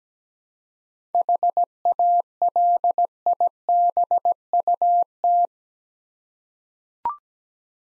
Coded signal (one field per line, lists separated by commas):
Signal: Morse code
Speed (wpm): 17 wpm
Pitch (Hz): 700 Hz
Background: none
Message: HALIBUT